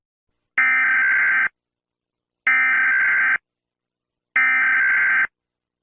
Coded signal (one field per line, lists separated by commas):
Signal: Emergency Alert System (SAME) tones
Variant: header bursts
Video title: EAS Scenario | Fall Of The United States | Analog Horror